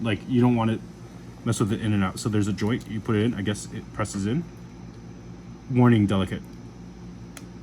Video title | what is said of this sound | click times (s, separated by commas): XXXG-00W0 wing gundam zero (EW) GU-07 tamashii nations Bandai action figure | Okay, I heard it snap, yeah. | 7.4 s